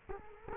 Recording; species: mosquito wingbeat signal from an infrared sensor; Culex quinquefasciatus